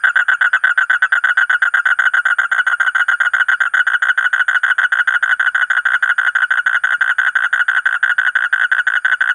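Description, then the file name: Asian common toad producing a continuous, rapid series of rasping pulses at an even rate and steady pitch. "suara kodok bangkong kolong kodok buduk"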